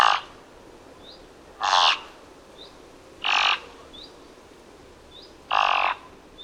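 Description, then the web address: Thick-billed raven calling four times, harsh rasping notes spaced a little unevenly, thin high chirps scattered between. "Thick billed raven. صدای-پرنده-غراب-نوک-کلفت"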